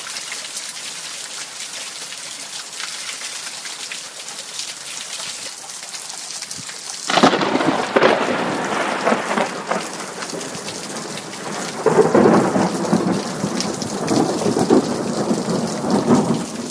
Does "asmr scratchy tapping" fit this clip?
no